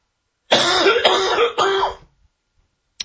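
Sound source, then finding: Adult male. Cough.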